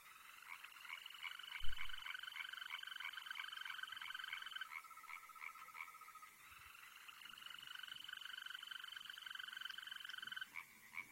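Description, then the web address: European green toad: long steady trills, one ending as another begins, run throughout; a dull thump near the start. "Tajemnice puszczy Ropucvha zielona"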